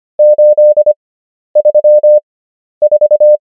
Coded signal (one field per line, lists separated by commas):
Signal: Morse code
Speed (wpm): 25 wpm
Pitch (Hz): 600 Hz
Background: none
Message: 834